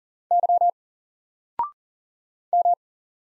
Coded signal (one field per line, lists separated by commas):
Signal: Morse code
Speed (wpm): 40 wpm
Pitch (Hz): 700 Hz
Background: none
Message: Y M